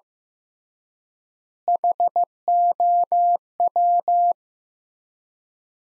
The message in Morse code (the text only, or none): HOW